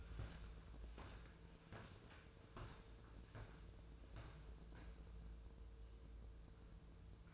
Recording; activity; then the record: daily activity, microphone in the room; walk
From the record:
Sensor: 2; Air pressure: 1005.2 hPa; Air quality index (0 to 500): 101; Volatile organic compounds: 2 ppm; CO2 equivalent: 1225 ppm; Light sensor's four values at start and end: 8/20/8/8 and 8/20/8/8